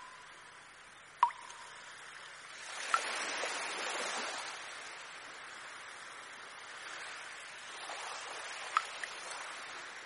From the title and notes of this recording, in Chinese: 滴、滴、答、答…水滴聲。